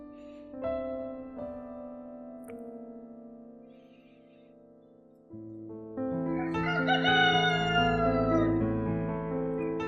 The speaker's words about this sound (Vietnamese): Tiếng gà gáy sáng. Bầu trời lúc này đã bừng sáng, xua đi màn đêm.